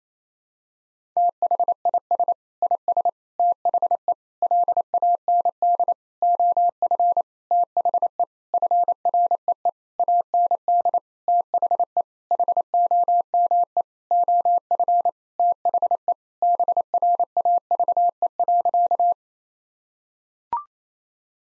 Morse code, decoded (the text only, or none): THIS IS THE LAND OF THE FREE AND THE HOME OF THE BRAVE.